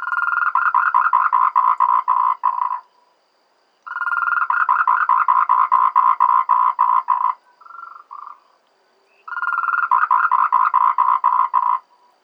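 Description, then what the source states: Tree frog calling in quick rattling series of pulsed croaks, three long bursts broken by short silences and a few softer notes. Tree frog recorded in Taiwan.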